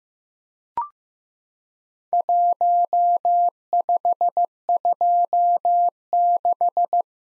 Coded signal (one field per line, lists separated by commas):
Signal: Morse code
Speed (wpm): 15 wpm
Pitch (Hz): 700 Hz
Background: none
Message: 1526